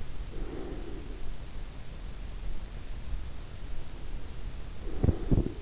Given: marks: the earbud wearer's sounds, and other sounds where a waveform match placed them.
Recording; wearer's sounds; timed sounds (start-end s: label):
sounds in sleep by an in-ear microphone; breath, teeth grinding
0.27-1.21 s: breath
4.75-5.62 s: breath
5.01-5.47 s: teeth grinding